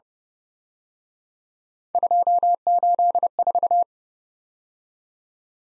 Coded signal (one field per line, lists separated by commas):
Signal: Morse code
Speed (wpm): 31 wpm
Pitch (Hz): 700 Hz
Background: none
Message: 284